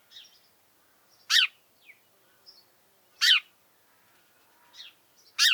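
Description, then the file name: House sparrow giving three strong, harsh chirps about two seconds apart, with faint short twitters in the gaps. "Passer domesticus"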